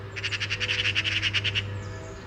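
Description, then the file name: Eurasian magpie giving one short, harsh rattle of quick chacking notes lasting about a second and a half, over a low steady hum. "Pica pica"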